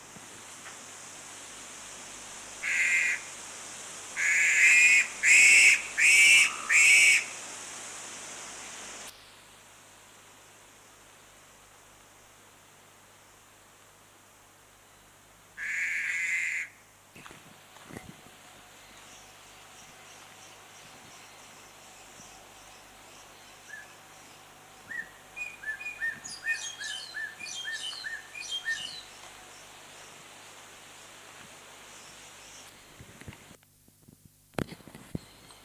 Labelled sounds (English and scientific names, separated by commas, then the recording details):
Black-collared Starling (Gracupica nigricollis)
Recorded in captivity
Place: Tierpark Berlin, Berlin, DE
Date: 2004-09-14 18:24
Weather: sunny, 20°C
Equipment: Sony WM-D6C, Sennheiser ME 80, Kopie Uher 4000 Report Monitor
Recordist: Tembrock, Günter